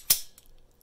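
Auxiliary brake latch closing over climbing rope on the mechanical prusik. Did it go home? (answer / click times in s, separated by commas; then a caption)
yes / 0.1 s. The metal side plate or latch of a Petzl Chicane auxiliary brake, used with a ZigZag Plus mechanical prusik on a single rope, is closed over the climbing rope routed through it. A sharp metallic snap at 0.1 s marks the latch locking closed and seated, followed by a few faint ticks.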